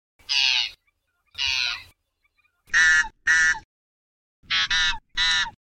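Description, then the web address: White-faced ibis giving six gruff, nasal honking calls, the later ones shorter and more closely paired, dropping slightly at the end. "Zoo Field Guide"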